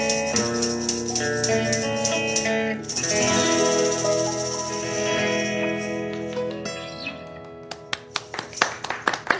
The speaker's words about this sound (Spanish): Gracias, gracias. Nos aplaudimos nosotros solitos.